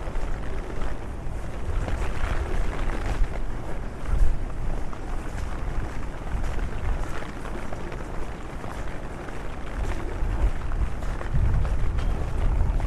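A walk through London in the rain, with a dense, steady hiss filling the whole clip. Low rumbling swells rise around four seconds and again near the end, like passing traffic, while small sharp ticks and taps scatter throughout.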